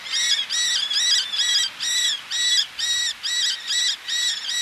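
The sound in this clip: Eleonora's falcon repeating loud, nasal 'kyah' notes at a steady pace of roughly two per second, evenly spaced throughout.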